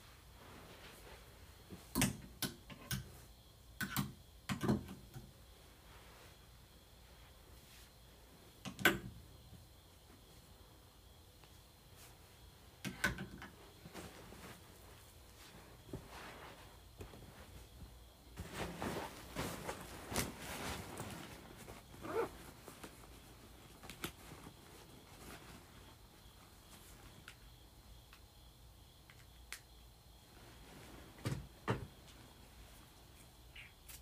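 Various items are moved around, with sharp knocks and clatters at irregular intervals over a quiet, faint hiss. The sounds come in scattered clusters, busiest around the start and in a longer rustling, clattering stretch near the middle, with a few sharp hits toward the end.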